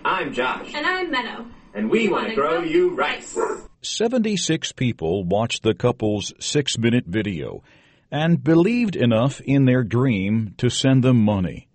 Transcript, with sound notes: "Hi, I'm Josh, and I'm Meadow -- and we want to grow you rice! [Dog bark] Seventy-six people watched the couple's six-minute video and believed enough in their dream to send them money.